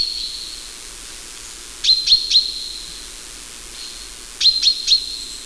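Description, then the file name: Common chaffinch calling with brisk high chips, grouped in threes, with a faint thin tone between bursts. "Fringilla coelebs"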